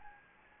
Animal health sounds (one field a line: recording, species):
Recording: mosquito wingbeat signal from an infrared sensor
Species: Anopheles gambiae